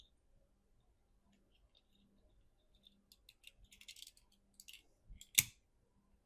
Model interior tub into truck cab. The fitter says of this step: Once the interior is popped into place, I'm going to put in the floor, start at the firewall,